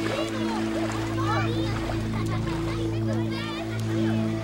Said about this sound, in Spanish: … y los niños se bañan y chapotean en el agua.